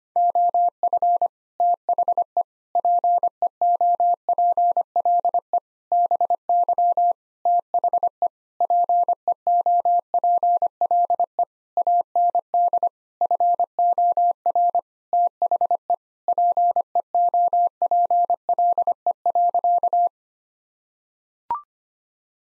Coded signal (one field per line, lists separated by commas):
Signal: Morse code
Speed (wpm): 25 wpm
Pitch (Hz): 700 Hz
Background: none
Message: OF THE PEOPLE BY THE PEOPLE AND FOR THE PEOPLE.